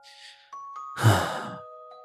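A single slow, breathy exhale swells and fades over soft, sustained tonal notes: the steady, calm breathing of someone falling asleep after muttering.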